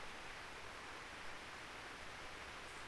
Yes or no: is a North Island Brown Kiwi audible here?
no